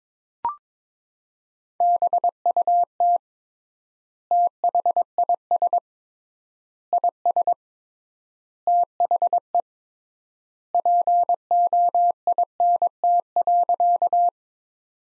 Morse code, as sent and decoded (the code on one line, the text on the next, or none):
-... ..- - / - .... .. ... / .. ... / - .... . / .--. --- .. -. - .-.-.-
BUT THIS IS THE POINT.